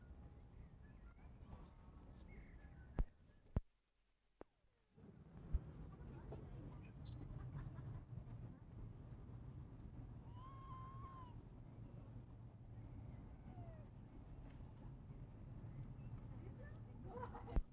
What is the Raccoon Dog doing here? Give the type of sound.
whimpering